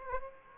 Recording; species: mosquito wingbeat signal from an infrared sensor; Aedes aegypti